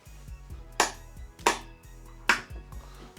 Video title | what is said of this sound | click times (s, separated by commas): More Falcam accessories for our Sony A7IV and Micro Four Thirds cameras | three clicks is more than enough | 0.8 s, 1.5 s, 2.3 s